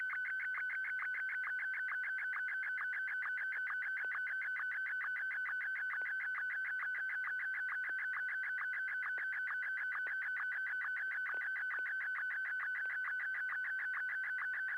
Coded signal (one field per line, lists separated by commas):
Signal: SSTV (slow-scan television)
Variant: Martin 1